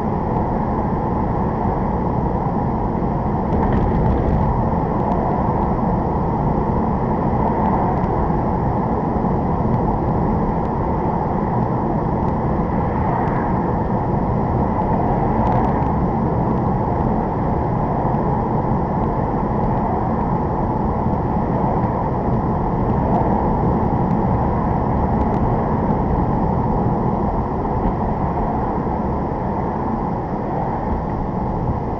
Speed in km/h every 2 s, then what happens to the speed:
55, 55, 56, 56, 58, 58, 58, 58, 60, 60, 58, 56, 56, 56, 56, 50.
0-29 steady at about 56. 29-32 slows to 50.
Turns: none.